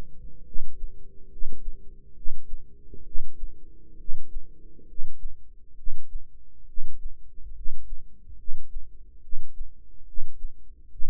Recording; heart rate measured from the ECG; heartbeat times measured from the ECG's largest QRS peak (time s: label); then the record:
heart sounds by microphone in the right ear; 69 bpm
0.44 s: heartbeat
1.29 s: heartbeat
2.14 s: heartbeat
3.03 s: heartbeat
3.97 s: heartbeat
4.86 s: heartbeat
5.75 s: heartbeat
6.65 s: heartbeat
7.53 s: heartbeat
8.36 s: heartbeat
9.21 s: heartbeat
10.05 s: heartbeat
10.88 s: heartbeat
From the record:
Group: healthy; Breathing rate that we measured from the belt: 20 breaths a minute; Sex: male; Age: 35 years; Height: 180 cm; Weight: 86.9 kg